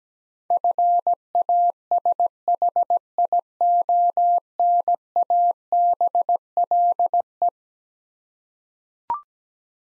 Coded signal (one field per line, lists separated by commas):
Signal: Morse code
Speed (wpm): 17 wpm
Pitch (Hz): 700 Hz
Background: none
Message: FASHIONABLE